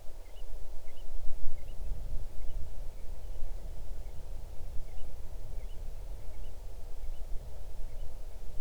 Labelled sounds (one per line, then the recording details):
bird
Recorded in the Arctic National Wildlife Refuge, Alaska, on 8 June 2019 at 00:22
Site 40